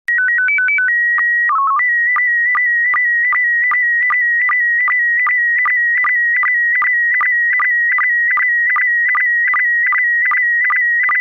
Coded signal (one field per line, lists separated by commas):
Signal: SSTV (slow-scan television)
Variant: PD 50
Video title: Slow Scan Radio, August 15, 2018, Ep. 4